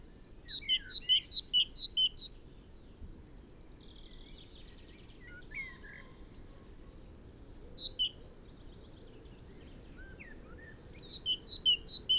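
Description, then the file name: Great tit song in three bursts of high-low two-note phrases, separated by pauses with faint twittering. "Parus major"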